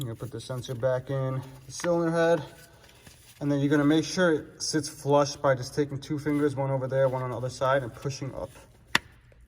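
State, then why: Seated. An exhaust camshaft position sensor for a BMW N54 engine (335i) is pushed back into its bore in the cylinder head with two fingers until it sits flush, while someone talks. One sharp snap is heard at 8.9 s as the sensor seats in place.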